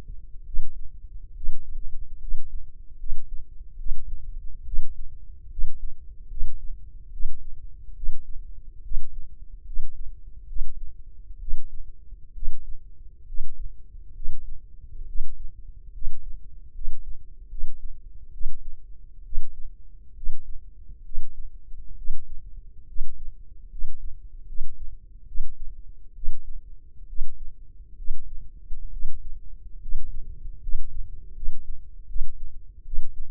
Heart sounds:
heart sounds by microphone in the left ear; 70 bpm
0.44 s: heartbeat
1.34 s: heartbeat
2.19 s: heartbeat
2.97 s: heartbeat
3.77 s: heartbeat
4.64 s: heartbeat
5.49 s: heartbeat
6.28 s: heartbeat
7.11 s: heartbeat
7.94 s: heartbeat
8.82 s: heartbeat
9.64 s: heartbeat
10.46 s: heartbeat
11.39 s: heartbeat
12.33 s: heartbeat
13.25 s: heartbeat
14.13 s: heartbeat
15.06 s: heartbeat
15.92 s: heartbeat
16.72 s: heartbeat
17.48 s: heartbeat
18.31 s: heartbeat
19.23 s: heartbeat
20.14 s: heartbeat
21.03 s: heartbeat
21.95 s: heartbeat
22.86 s: heartbeat
23.69 s: heartbeat
24.46 s: heartbeat
25.25 s: heartbeat
26.14 s: heartbeat
27.07 s: heartbeat
27.96 s: heartbeat
28.90 s: heartbeat
29.79 s: heartbeat
30.60 s: heartbeat
31.33 s: heartbeat
32.06 s: heartbeat
32.84 s: heartbeat
From the record:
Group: healthy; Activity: rest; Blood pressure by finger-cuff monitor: 134/83 mmHg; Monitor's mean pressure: 98 mmHg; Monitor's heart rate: 69 bpm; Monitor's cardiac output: 5.7 L/min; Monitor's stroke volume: 81 mL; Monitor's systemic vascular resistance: 1290 dyn s/cm5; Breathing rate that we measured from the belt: 8 breaths a minute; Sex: male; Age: 21 years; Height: 180 cm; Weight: 67.5 kg

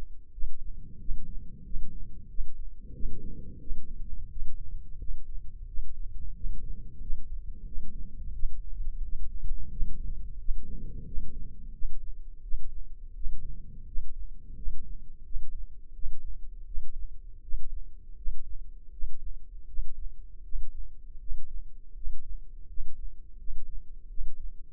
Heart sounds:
heart sounds by microphone in the left ear; 86 bpm
0.31 s: heartbeat
0.99 s: heartbeat
1.64 s: heartbeat
2.28 s: heartbeat
2.93 s: heartbeat
3.59 s: heartbeat
4.30 s: heartbeat
4.98 s: heartbeat
5.66 s: heartbeat
6.34 s: heartbeat
7.00 s: heartbeat
7.65 s: heartbeat
8.33 s: heartbeat
9.01 s: heartbeat
9.70 s: heartbeat
10.38 s: heartbeat
11.05 s: heartbeat
11.72 s: heartbeat
12.42 s: heartbeat
13.14 s: heartbeat
13.86 s: heartbeat
14.55 s: heartbeat
15.24 s: heartbeat
15.93 s: heartbeat
16.65 s: heartbeat
17.42 s: heartbeat
18.16 s: heartbeat
18.91 s: heartbeat
19.66 s: heartbeat
20.43 s: heartbeat
21.19 s: heartbeat
21.94 s: heartbeat
22.67 s: heartbeat
23.37 s: heartbeat
24.08 s: heartbeat
From the record:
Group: healthy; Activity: rest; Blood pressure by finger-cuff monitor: 113/61 mmHg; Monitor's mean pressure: 78 mmHg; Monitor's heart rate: 86 bpm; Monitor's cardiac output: 9.2 L/min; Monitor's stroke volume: 109 mL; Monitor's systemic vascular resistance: 620 dyn s/cm5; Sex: male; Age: 24 years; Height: 184 cm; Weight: 89 kg

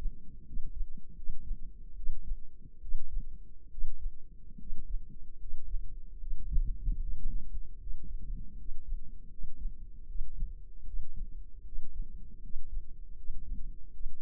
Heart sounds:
heart sounds by microphone in the left ear; 76 bpm
0.43 s: heartbeat
1.13 s: heartbeat
1.93 s: heartbeat
2.78 s: heartbeat
3.68 s: heartbeat
4.56 s: heartbeat
5.36 s: heartbeat
6.17 s: heartbeat
6.97 s: heartbeat
7.76 s: heartbeat
8.54 s: heartbeat
9.27 s: heartbeat
10.04 s: heartbeat
10.83 s: heartbeat
11.62 s: heartbeat
12.39 s: heartbeat
13.13 s: heartbeat
13.90 s: heartbeat
From the record:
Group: healthy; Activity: rest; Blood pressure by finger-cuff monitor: 108/63 mmHg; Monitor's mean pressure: 73 mmHg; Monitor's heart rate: 76 bpm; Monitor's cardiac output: 5.5 L/min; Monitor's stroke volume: 72 mL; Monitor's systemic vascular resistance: 960 dyn s/cm5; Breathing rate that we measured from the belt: 16 breaths a minute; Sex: male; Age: 20 years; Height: 167 cm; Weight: 61 kg

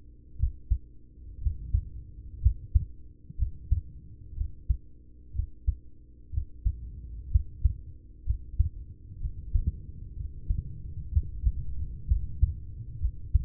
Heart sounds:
heart sounds by stethoscope; 62 bpm
0.36 s: heartbeat
1.38 s: heartbeat
2.38 s: heartbeat
3.34 s: heartbeat
4.33 s: heartbeat
5.31 s: heartbeat
6.30 s: heartbeat
7.28 s: heartbeat
8.22 s: heartbeat
9.17 s: heartbeat
10.13 s: heartbeat
11.09 s: heartbeat
12.05 s: heartbeat
12.96 s: heartbeat
From the record:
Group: heart failure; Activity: rest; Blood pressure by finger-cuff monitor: 100/56 mmHg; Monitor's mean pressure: 72 mmHg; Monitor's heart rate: 62 bpm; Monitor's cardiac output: 5.8 L/min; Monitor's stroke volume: 94 mL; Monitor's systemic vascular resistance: 870 dyn s/cm5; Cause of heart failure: ischemic heart disease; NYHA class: 1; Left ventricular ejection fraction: 33%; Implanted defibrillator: present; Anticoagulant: apixaban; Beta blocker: carvedilol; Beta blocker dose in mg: 18.75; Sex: male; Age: 39 years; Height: 168 cm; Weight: 72 kg

